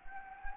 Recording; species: mosquito wingbeat signal from an infrared sensor; Anopheles gambiae